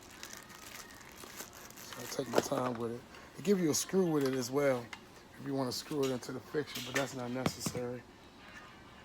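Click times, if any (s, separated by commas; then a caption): none. Someone talks while handling the two halves of an 8 ft LED tube that join at a plastic joint, with light crinkling handling noise and a few faint taps early in the clip. Nothing has seated or clicked yet; the halves are not yet home.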